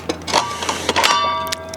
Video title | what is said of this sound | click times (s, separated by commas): How to Change AEGs 185mm Circular Saw Blade | and like that, it will click into place. | 1.1 s